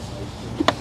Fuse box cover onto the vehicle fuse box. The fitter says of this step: line up your tabs, push it, and it locks in place.